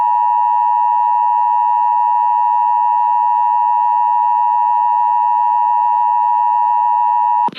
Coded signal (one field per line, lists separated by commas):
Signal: Emergency Alert System (SAME) tones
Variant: 853 and 960 Hz attention tone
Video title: EAS Tornado Watch Alabama NOAA Weather Radio (Hurricane Zeta) +WeatherSTAR4000